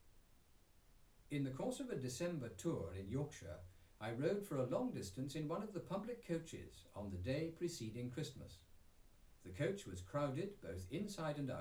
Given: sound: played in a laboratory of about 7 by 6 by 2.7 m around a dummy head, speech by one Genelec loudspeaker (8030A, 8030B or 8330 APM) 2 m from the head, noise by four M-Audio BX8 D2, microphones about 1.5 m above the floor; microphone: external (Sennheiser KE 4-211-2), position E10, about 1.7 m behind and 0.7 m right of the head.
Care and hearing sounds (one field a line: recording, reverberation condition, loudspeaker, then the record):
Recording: male speech in English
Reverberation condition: low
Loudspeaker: 30 degrees to the right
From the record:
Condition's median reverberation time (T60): about 310 ms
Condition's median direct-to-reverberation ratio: about 3.5 dB